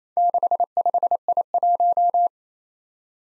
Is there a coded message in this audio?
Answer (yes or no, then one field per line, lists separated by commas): yes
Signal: Morse code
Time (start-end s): 0.2-2.3 s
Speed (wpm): 27 wpm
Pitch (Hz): 700 Hz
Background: none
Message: 65I1